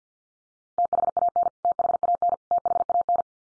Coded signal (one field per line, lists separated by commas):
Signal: Morse code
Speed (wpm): 50 wpm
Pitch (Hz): 700 Hz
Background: none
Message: THAN THAN THAN